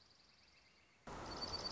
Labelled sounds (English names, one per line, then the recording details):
Dark-eyed Junco
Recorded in Sonoma County, California